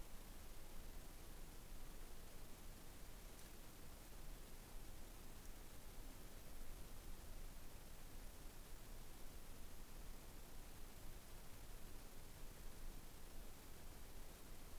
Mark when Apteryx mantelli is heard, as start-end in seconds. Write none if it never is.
none